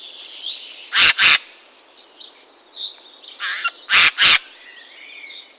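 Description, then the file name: Eurasian jay calls, two harsh doubled screeches about three seconds apart, with faint whistles and chirps from other birds between them. "geai Des Chenes"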